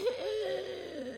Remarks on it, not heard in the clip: You may wheeze a little bit, have that musical.